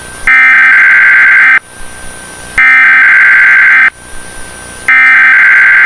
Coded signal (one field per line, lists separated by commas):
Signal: Emergency Alert System (SAME) tones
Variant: header bursts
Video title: EAS Scenario - The Symbiote